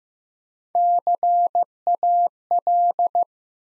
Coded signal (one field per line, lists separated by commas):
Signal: Morse code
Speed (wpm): 15 wpm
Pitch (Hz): 700 Hz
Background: none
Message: CAL